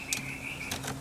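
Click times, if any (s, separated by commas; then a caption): none. Wiring harness connectors are handled as they are pushed toward a new power window switch mounted in the door bezel of a 1996-2002 Toyota 4Runner. Brief bright plastic ticks and rattles sound near 0.1 s and again around 0.7 s over a steady low hum. Nothing has seated or clicked into place yet.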